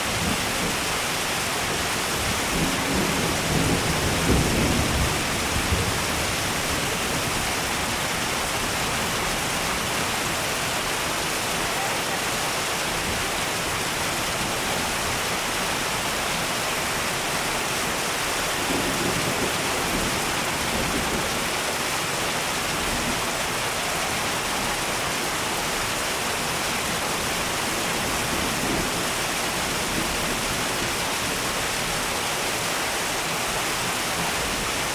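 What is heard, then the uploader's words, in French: Rain and thunder: a steady, dense hiss of rainfall runs through the whole clip without letting up. Soft, low rumbles of thunder swell beneath it around the fifth second, again near twenty seconds, and briefly near twenty-eight. Pluie et tonnerre. Les bruits de la pluie et du tonnerre.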